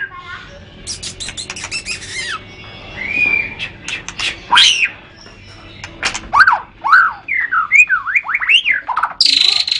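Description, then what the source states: White-rumped shama song: rich, varied run of loud clicks, rattles and looping whistled notes rising and falling in quick succession, ending in a harsh burst. Murai batu named Matrix, associated with Pawang BC, Lhokseumawe; songbird-contest (kicau) context.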